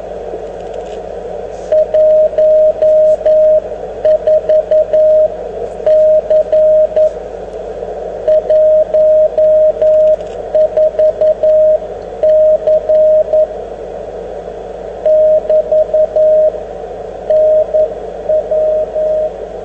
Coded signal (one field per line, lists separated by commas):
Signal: Morse code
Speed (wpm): 11 wpm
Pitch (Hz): 620 Hz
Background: radio noise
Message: 14C 14C <BT> NW